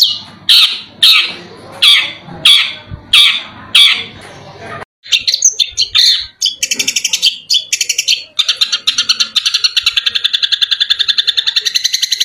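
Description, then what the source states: Long-tailed shrike song opening with several loud, harsh, spaced notes, then a pause and a hurried, buzzy trill that runs to the end. Masteran (training recording) of cendet song.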